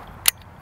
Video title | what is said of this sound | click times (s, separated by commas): Best Travel Video Tripod 2018 - Manfrotto Befree Live Carbon Fiber FINALLY! | have to lock it manually like right here and I | 0.3 s